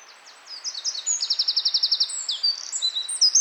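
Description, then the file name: Eurasian wren singing a rapid, high-pitched cascade of sharp notes running into a fast rattling trill, then more tumbling twitters. "Troglodytes troglodytes"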